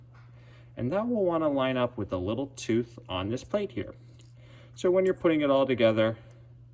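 A man talks while handling a Schroth SHR helmet restraint post mount, lining up a small opening on the mount with the little tooth on its mounting plate before the small silver piece is rotated onto the plate's pin. Only speech is heard, and nothing has seated or clicked yet.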